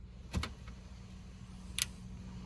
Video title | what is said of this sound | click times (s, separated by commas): Morimoto LED Fog Light Install C6 Corvette | Just clip that in until you get a click. | 0.4 s, 1.8 s